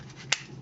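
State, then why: Seated. During transformation to wolf mode, a section of a plastic Transformers Titans Return Sixshot and Revolver Leader Class action figure is raised all the way up into its locking joint. A single sharp click sounds at 0.3 s over faint background noise as the section locks into place.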